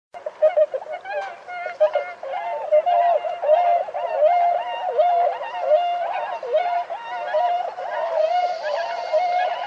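Bird with a steady run of looping, warbled whistles rising and falling in mid pitch, unbroken for several seconds, with a brief higher hiss near the end.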